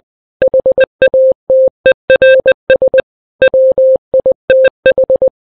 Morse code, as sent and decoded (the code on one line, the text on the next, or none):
.... .- - . .-. ... / .-- .. - ....
HATERS WITH